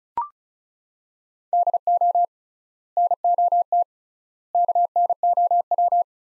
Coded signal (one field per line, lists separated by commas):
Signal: Morse code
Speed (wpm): 36 wpm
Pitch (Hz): 700 Hz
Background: none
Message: DO NOT KNOW